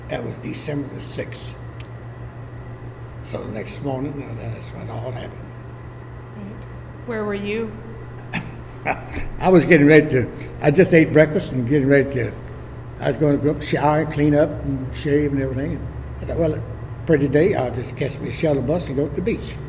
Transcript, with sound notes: That was December the sixth. So the next morning, that is when it all happened.
Right. Where were you?
[Laughing] I was getting ready to—I just ate breakfast and getting ready to, I was going to go up and shower and clean up and shave and everything, and as it was a pretty day I’ll just catch me a shuttle bus and go to the beach.